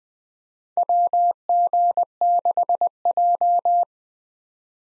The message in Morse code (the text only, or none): WG6J